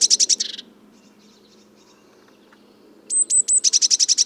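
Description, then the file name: Eurasian blue tit calling: a brief buzzy burst, a pause, then three high thin notes with hooked tails and a fast churring trill. "Cyanistes caeruleus"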